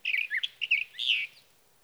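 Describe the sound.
Sage thrasher song, a quick tumbling series of warbled notes ending in a longer slurred phrase.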